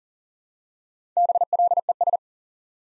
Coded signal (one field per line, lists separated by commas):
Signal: Morse code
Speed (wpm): 38 wpm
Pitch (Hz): 700 Hz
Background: none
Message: BLES